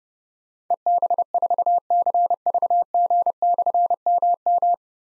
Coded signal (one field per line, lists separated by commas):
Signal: Morse code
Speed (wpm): 32 wpm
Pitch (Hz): 700 Hz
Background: none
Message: EB4CVG/MM